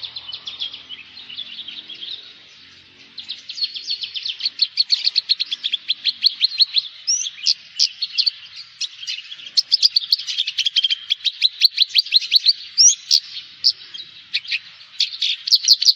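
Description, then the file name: Javan bush lark singing a long stream of rapid chattering notes, with occasional short whistled inflections woven through the busy phrasing. "suara burung branjangan jawa"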